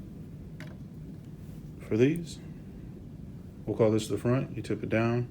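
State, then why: Not seated. A yellow Epson 410 ink cartridge is picked up and positioned before being tipped down into the printer carriage, with a brief faint tick near 0.6 s while someone talks. Nothing has seated or clicked yet in this stretch.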